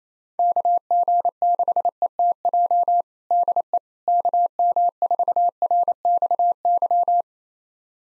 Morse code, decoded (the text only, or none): KG6ETJ DE KM4RXY